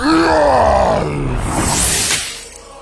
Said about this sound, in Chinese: 一个怪物发出一声怒吼，然而强大的魔导师一挥手就让他再也发不出声音。